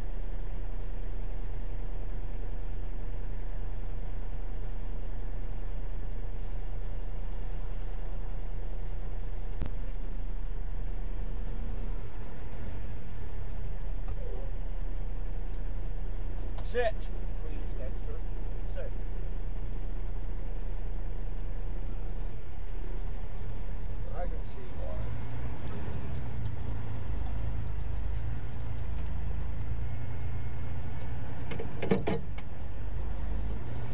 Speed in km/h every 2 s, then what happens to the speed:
0, 0, 0, 0, 0, 0, 0, 0, 0, 0, 0, 0, 0, 0, 0, 11, 13.
0-28 standing. 28-34 pulls away to 13.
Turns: none.